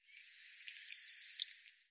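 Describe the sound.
Eurasian blue tit giving a short twittering phrase of high, thin notes that fall overall in pitch, over a quiet background.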